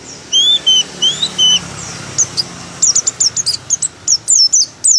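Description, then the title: White-eye singing: warbled whistled phrases, a brief pause, then rapid, high twittering chips. Pleci dakun type from Merapi, singing open-beaked with continuous canary-like phrases. "Pleci Dakun Merapi Buka Paruh sambung Kenarian"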